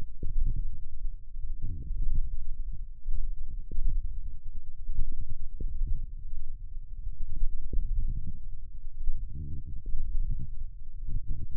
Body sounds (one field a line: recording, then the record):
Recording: forearm muscle sounds (acoustic myography)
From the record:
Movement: wrist extension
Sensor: system 1, eight BSWA MPA416 microphones around the upper forearm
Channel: 5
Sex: female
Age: 21 years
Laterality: right